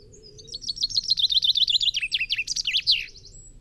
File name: Fringilla coelebs